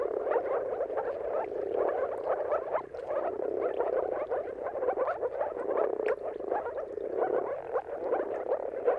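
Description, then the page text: Moor frogs in full chorus, a seamless mass of muffled, bubbling barks forming a low, pulsing drone throughout. Mating calls of moor frogs at sunrise, at the turn of March and April, timing depending on weather. "Jakub-Orzecki moor frogs. Dawn’s Chorus: Mating Calls of Marsh Frogs at Sunrise. Depending on the weather at the turn of March and April, you can witness an amazing spectacle of moor frogs"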